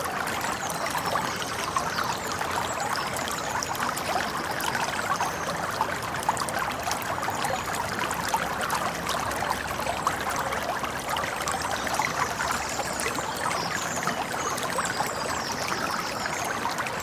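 A babbling brook runs steadily and close by, a dense, even trickle and splash centered in the middle range with bright sparkle above. The flow holds constant for the whole stretch, with faint chirps from birds high in the background.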